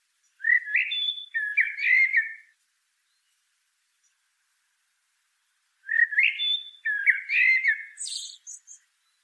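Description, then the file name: Common blackbird song in two phrases separated by silence, each a mellow fluted warble; the second ends in a thin, high squeaky twitter. "Turdus merula"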